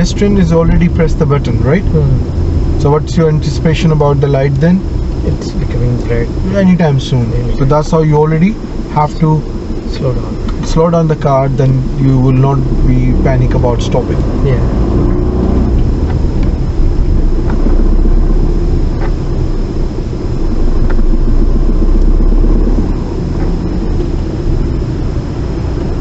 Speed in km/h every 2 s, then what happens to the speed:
18, 11, 6, 6, 5, 6, 13, 15, 16, 11, 16, 15, 10.
0-4 slows to 6. 8-13 speeds up to 15. 13-20 steady at about 15. 20-26 slows to 10.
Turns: none.